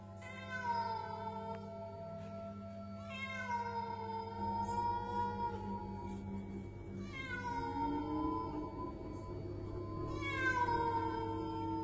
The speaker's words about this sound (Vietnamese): Nằm nhớ con mèo mà không tài nào chợp mắt được, thì đúng lúc ở bên ngoài bỗng nhiên có tiếng mèo kêu.